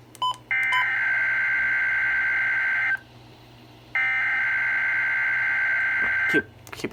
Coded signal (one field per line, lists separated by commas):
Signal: Emergency Alert System (SAME) tones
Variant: header bursts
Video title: EAS 48 KIH35 RWT